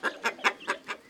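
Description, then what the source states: Chicken giving a rapid series of about five short notes in a second, then a sharper note at the end. Hen with her chicks.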